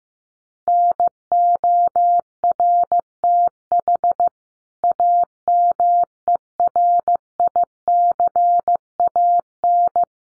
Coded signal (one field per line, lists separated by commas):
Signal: Morse code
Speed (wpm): 15 wpm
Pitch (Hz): 700 Hz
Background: none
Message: NORTH AMERICAN